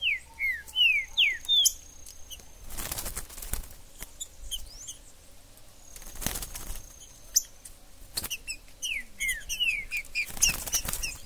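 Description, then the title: Green-winged saltator song: loud whistled notes sliding downward, given in quick phrases at the start and end, broken by heavy rustling bursts and a few thin high chirps. In the forest: calling, singing and male territorial dispute; used to stimulate a kept trinca-ferro. "TRINCA Piando, Cantando E Macheando Na DISPUTA. TRINCA FERRO no MATO. Trinca ferro MAJOR no MATO"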